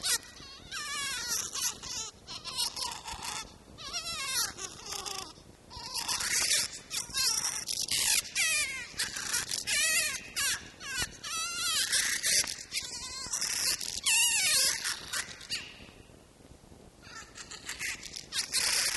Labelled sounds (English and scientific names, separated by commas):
Red Fox (Vulpes vulpes)